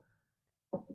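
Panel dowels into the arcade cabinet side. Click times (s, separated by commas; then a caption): 0.7 s. A cabinet panel is lined up so its dowels drop into their holes in the side of an Arcade1up Konami X-Men Deluxe arcade cabinet. After a near-silent stretch, a sharp hit sounds at 0.7 s, followed by a softer knock around 0.9 s. The panel dowels snap into place and the panel is seated.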